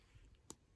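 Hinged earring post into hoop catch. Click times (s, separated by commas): 0.5 s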